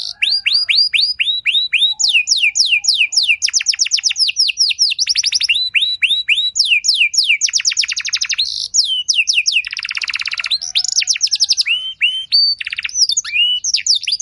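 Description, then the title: Canary song, a long continuous run of rapid trills and repeated downslurred whistles, switching phrases every second or so, with buzzy fast rolls mixed in. Belgian canary song played to stimulate other canaries to sing; described as a long, rich song with fancy twists. "Canto Para Esquentar Canário Belga. Suara Burung Kenari Lagu dan Cengkok Mewah Buat Kenari Lain Bakal Langsung Nyaut Gacor Panjang"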